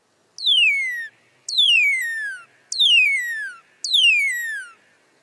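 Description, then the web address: Northern Cardinal song: four loud, clear whistles, each sliding steeply down from high to low pitch, a little over a second apart, with silence between them. "BIRD NOTE. Cardinal"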